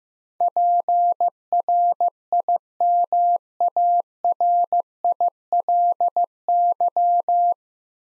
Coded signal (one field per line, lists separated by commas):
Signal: Morse code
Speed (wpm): 15 wpm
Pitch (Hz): 700 Hz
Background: none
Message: PRIMARILY